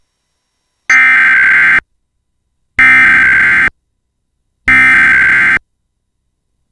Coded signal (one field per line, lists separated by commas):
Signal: Emergency Alert System (SAME) tones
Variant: header bursts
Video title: EAS - AMBER Alert Issued for Texas